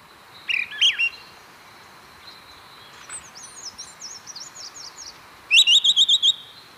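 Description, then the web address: Pale-eyed thrush with high, varied notes: two slurred whistles, then a thin twittering series, and finally a fast run of six sharp, even chirps. Ecuador. "Natures Songs S America Birds of Ecuador Pale-eyed Thrush"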